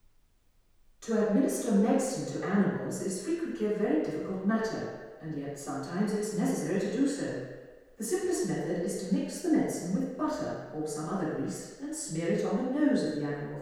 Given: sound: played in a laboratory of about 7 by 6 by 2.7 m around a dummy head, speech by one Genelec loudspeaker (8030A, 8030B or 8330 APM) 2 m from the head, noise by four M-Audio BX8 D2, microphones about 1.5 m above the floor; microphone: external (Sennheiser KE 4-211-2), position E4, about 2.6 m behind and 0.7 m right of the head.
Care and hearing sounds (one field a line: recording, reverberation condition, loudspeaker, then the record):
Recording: female speech in English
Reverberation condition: high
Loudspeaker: in front (0 degrees)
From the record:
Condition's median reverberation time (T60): about 1300 ms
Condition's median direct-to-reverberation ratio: about -4.0 dB